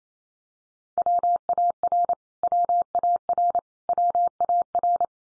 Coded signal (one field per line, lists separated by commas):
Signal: Morse code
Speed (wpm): 28 wpm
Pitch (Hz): 700 Hz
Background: none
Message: WAR WAR WAR